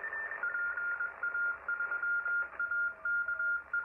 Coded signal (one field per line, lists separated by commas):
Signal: Morse code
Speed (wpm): 21 wpm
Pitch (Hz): 1410 Hz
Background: radio noise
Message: PA3AKE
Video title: CW ON 80 M Band : RX Lionel SWL 🎧F-80737🇫🇷 Antenne Magnétique Boucle - Kenwood R-5000 7️⃣3️⃣🤝